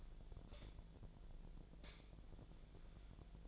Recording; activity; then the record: daily activity, microphone in the room; light on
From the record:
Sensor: 5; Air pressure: 1009.8 hPa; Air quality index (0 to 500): 158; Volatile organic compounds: 4 ppm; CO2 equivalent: 1541 ppm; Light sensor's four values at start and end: 143/365/152/161 and 142/366/152/162